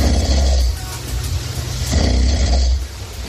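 Two loud, deep rumbling snores, each lasting under a second, separated by a quieter breath within about three seconds. Heavy snoring from a sleeping adult man in the early hours of the morning, made by vibration of the soft tissues of the throat during breathing.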